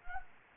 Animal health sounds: mosquito wingbeat signal from an infrared sensor; Anopheles gambiae

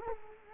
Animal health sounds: mosquito wingbeat signal from an infrared sensor; Culex quinquefasciatus

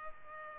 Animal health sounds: mosquito wingbeat signal from an infrared sensor; Culex pipiens

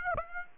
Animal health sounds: mosquito wingbeat signal from an infrared sensor; Aedes aegypti

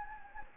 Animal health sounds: mosquito wingbeat signal from an infrared sensor; Anopheles gambiae

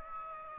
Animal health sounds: mosquito wingbeat signal from an infrared sensor; Aedes aegypti

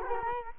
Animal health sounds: mosquito wingbeat signal from an infrared sensor; Culex quinquefasciatus

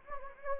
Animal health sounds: mosquito wingbeat signal from an infrared sensor; Anopheles gambiae

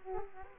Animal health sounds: mosquito wingbeat signal from an infrared sensor; Aedes aegypti

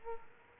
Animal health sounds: mosquito wingbeat signal from an infrared sensor; Aedes aegypti

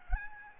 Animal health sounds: mosquito wingbeat signal from an infrared sensor; Aedes albopictus

